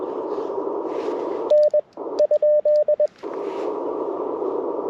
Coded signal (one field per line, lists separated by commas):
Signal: Morse code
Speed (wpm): 21 wpm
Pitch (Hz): 590 Hz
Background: radio noise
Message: N ?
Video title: Morning Morse Code - 01/11/2025